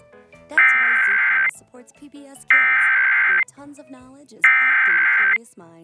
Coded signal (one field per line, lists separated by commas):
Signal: Emergency Alert System (SAME) tones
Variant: header bursts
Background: speech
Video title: Pbs kids eas